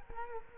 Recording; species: mosquito wingbeat signal from an infrared sensor; Culex quinquefasciatus